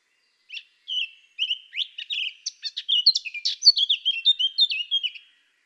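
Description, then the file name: Eurasian blackcap singing a warble of varied chirps and slurred whistles, beginning with a few separate notes and growing louder and denser. "Sylvia atricapilla"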